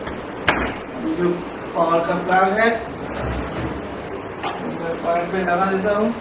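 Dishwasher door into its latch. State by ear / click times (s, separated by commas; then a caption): seated / 0.5 s. A Voltas Beko DT8S dishwasher door is pushed shut into its latch, giving a single loud latch thud at 0.5 s as the door seats and locks closed. Someone then talks for the rest of the clip.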